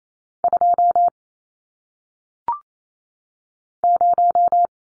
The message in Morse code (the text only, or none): 2 0